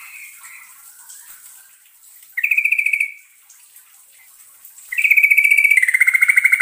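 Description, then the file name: Yellow-vented Bulbul song: two loud, sustained, rapidly trilled phrases near the same pitch, the second longer and sliding slightly down, after soft scattered notes. Trucukan bird singing the ropelan long-trill song style, ngerol panjang. "suara trucukan ropelan ngerol panjang"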